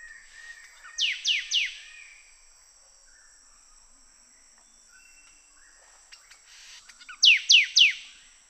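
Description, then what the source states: Sooty thicket fantail call: two bursts of three sharp, high whistles, each sweeping steeply downward, over a steady high whine. Papua New Guinea.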